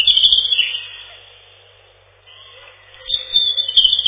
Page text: Зарянка, или реполов, или малиновка - Erithacus rubecula